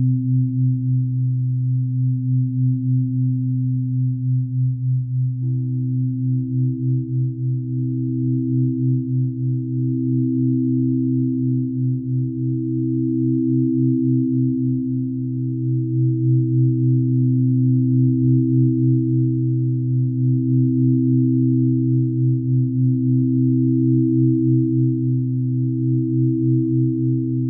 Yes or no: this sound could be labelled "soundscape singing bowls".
yes